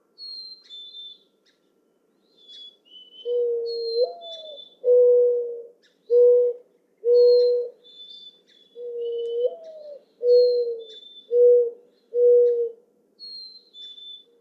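Mourning dove song heard twice, each a rising coo followed by three level coos, with repeated high, thin whistles of another bird.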